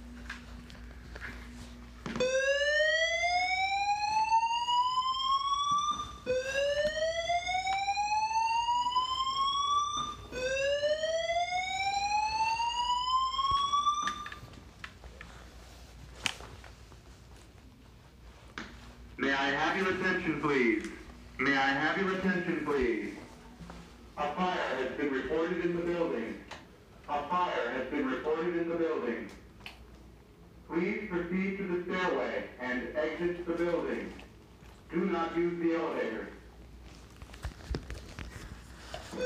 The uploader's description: Sounds of Philadelphia, including a fire alarm, love park, and from bicycling around Philly